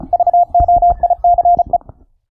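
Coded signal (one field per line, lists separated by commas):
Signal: Morse code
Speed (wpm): 36 wpm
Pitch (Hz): 700 Hz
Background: radio noise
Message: VOICE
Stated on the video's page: Morse generated by the ehoCW Windows program over Mumble voice chat at low latency, recorded from a remote Linux laptop.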